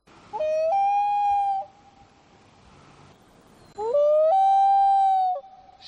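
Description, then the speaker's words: Common loon giving long, mournful wailing calls, each sliding up then holding a steady tone for about a second, two wails separated by a pause. Call likened to a wolf's howl; species lives in North America and is not heard in Spain. "este pato se llama Colimbo Grande, que vive en América del Norte, así que aquí no lo vamos a escuchar."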